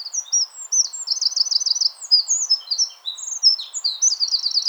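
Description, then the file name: Eurasian wren song, a fast unbroken torrent of high piercing notes with short buzzy trills throughout, a faint low background hiss underneath. "Troglodytes troglodytes"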